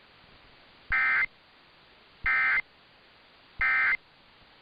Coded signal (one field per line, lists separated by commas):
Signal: Emergency Alert System (SAME) tones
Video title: EAS- San Francisco Bay Area RMT on KCBS, and KGO AM!